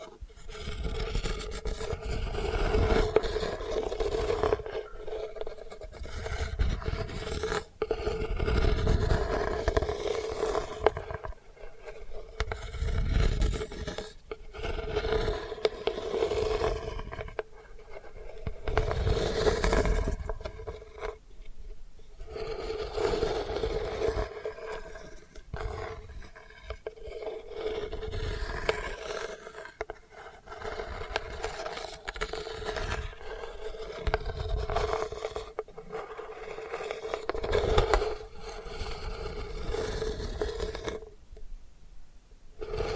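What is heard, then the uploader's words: Delicate scratching runs in uneven bursts of dry, gritty scraping with short pauses between strokes, the loudest passes around 8, 20 and 38 seconds. A faint steady hum sits underneath throughout, and the sound drops nearly to silence just before the end. ASMR Delicate Scratching for Sleep (No Talking).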